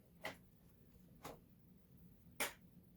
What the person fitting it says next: there we go clicked into place